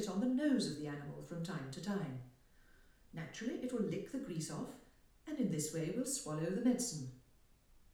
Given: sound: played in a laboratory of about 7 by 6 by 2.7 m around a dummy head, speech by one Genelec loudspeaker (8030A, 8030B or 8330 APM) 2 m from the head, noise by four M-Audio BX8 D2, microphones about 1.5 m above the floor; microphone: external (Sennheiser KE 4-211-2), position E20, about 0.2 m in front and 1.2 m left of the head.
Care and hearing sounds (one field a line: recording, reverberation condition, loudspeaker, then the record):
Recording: female speech in English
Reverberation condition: medium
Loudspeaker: 30 degrees to the right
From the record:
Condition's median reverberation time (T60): about 510 ms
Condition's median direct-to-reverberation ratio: about -0.5 dB